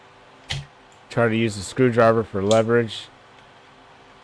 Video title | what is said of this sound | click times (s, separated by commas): From Dust to Digital: Rebuilding Old Computers with Modern Magic! | everything clicks together | 0.5 s